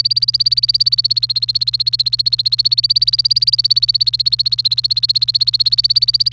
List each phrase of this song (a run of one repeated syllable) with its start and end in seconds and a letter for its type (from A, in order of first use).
0.00-6.33 A